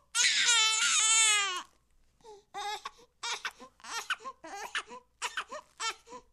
Newborn Baby Crying.